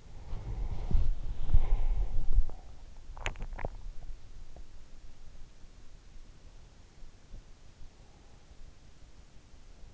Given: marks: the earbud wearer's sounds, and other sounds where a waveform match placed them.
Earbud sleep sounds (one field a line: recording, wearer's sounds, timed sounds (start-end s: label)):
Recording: sounds in sleep by an in-ear microphone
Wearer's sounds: body movement, swallowing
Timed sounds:
0.00-3.16 s: body movement
2.31-4.74 s: swallowing